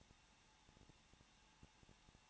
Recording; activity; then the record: daily activity, microphone in the room; no activity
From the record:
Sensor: 1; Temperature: 20.1 degrees Celsius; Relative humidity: 39.1%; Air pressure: 1006.4 hPa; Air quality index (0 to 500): 216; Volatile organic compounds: 73 ppm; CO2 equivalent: 3549 ppm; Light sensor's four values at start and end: 1/2/1/1 and 1/2/1/1